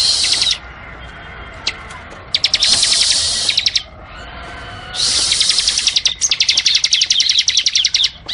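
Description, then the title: Bar-winged prinia song: bursts of high, dense buzzy trilling, the later ones breaking into quick repeated ticks. Tutor recording from 2019 for training birds, covering the semi and crystal varieties. "Masteran 2019 Cisem Ciblek Semi Dan Cikris Ciblek Kristal"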